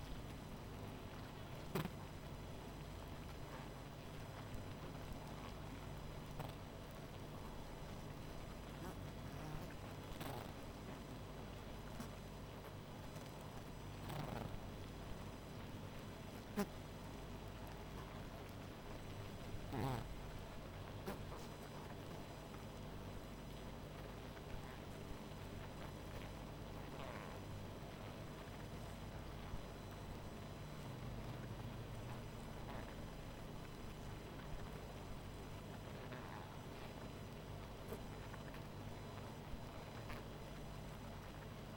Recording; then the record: honeybee colony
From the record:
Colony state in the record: missing queen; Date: 14 July 2017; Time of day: 19:33